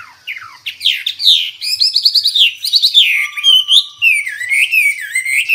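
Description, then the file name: Hwamei in full song: sweeping downward whistles, then rapid stuttering notes and long slurred warbles, varied and mostly loud. Singing energetically. "Burung Hwamei Wambi wambie. Gacor"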